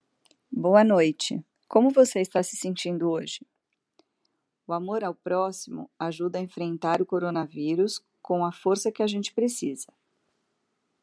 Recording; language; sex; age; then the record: spoken sentence; Brazilian Portuguese; female; 50 to 59 years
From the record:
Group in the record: control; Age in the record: 52 years